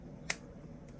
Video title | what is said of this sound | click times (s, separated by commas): Restoring a Camillus Cub Scout Knife - Pins Replaced, Handle Fixed! | hear it it in place | 0.3 s